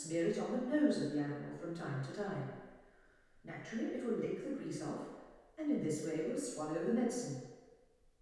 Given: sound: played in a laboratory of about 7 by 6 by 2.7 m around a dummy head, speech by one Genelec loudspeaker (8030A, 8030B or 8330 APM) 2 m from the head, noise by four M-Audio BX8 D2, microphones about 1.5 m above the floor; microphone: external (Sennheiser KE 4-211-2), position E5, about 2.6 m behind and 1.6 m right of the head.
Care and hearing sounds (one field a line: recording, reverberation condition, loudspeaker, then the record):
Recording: female speech in English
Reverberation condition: high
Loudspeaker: 90 degrees to the left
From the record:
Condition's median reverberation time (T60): about 1300 ms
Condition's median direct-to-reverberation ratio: about -4.0 dB